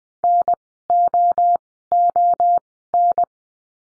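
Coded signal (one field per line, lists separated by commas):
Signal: Morse code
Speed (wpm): 20 wpm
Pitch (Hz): 700 Hz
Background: none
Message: NOON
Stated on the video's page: Morse code course lesson of words for the letter O, sent at Farnsworth speed of 20/10 wpm.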